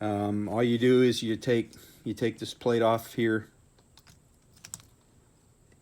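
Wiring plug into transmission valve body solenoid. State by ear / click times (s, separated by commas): seated / 4.7 s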